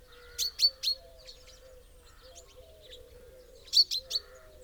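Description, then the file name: Common chaffinch calls: two bursts of three sharp, high, clipped notes, at the start and near the end, over a steady low warbling hum of repeated soft notes. "Fringilla coelebs"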